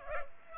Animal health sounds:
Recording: mosquito wingbeat signal from an infrared sensor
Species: Culex pipiens

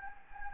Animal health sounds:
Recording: mosquito wingbeat signal from an infrared sensor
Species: Anopheles gambiae

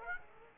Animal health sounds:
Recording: mosquito wingbeat signal from an infrared sensor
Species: Aedes aegypti

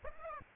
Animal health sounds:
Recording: mosquito wingbeat signal from an infrared sensor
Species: Aedes aegypti

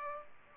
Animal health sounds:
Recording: mosquito wingbeat signal from an infrared sensor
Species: Culex pipiens

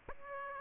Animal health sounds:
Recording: mosquito wingbeat signal from an infrared sensor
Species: Aedes aegypti

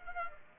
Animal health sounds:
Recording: mosquito wingbeat signal from an infrared sensor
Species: Aedes aegypti

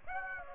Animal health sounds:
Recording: mosquito wingbeat signal from an infrared sensor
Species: Aedes aegypti

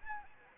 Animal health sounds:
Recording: mosquito wingbeat signal from an infrared sensor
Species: Anopheles arabiensis

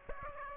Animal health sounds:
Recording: mosquito wingbeat signal from an infrared sensor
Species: Aedes aegypti

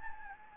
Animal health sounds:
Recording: mosquito wingbeat signal from an infrared sensor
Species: Anopheles gambiae

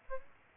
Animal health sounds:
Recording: mosquito wingbeat signal from an infrared sensor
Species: Aedes aegypti

